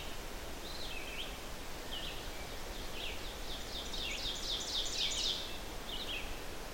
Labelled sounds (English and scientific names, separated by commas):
Ovenbird (Seiurus aurocapilla) song